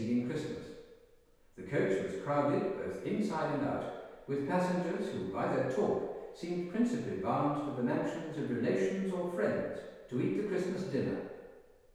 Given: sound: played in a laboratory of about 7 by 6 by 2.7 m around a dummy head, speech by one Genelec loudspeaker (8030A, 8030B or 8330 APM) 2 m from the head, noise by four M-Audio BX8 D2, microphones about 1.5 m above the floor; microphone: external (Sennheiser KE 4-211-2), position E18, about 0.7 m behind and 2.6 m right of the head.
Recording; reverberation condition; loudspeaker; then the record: male speech in English; high; 150 degrees to the left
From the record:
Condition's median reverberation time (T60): about 1300 ms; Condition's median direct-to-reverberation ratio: about -4.0 dB